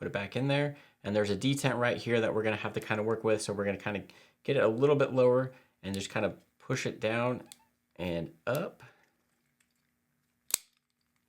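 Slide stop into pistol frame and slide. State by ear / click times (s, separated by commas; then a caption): seated / 10.5 s. The slide stop of a Springfield Armory Mil-Spec 1911 is pushed through the pistol's frame and slide, worked past its spring-loaded detent by lowering it and then pushing it down and up. Someone talks for most of the clip, then a faint tick sounds at 9.6 s. A sharp click at 10.5 s marks the slide stop snapping and locking into place.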